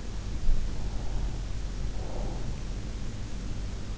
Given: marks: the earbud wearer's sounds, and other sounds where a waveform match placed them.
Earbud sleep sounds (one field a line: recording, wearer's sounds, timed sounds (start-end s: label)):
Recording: sounds in sleep by an in-ear microphone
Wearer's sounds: breath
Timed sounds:
0.74-2.67 s: breath